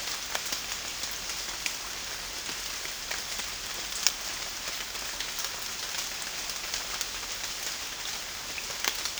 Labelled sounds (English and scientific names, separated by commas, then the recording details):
none
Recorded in dense forest near Puerto Asís, Putumayo, Colombia, on 12 March 2025 at 09:00
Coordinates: 0.484, -76.317
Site G064